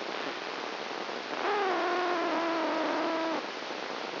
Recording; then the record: brain microelectrode recording played as sound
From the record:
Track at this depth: inside the subthalamic nucleus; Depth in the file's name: 3.902 mm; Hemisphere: left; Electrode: 2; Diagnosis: Parkinson's disease